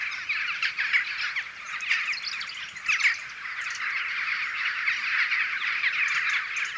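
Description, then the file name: Western jackdaw calls: many brief, clipped notes overlap with no pause, and a few louder calls rise near the start and middle. "Western Jackdaw Coloeus monedula"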